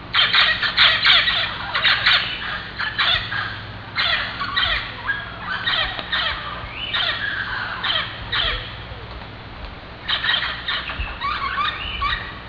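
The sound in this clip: Mealy parrot giving loud harsh squawks and raucous screeches in uneven rapid bursts, barely pausing throughout.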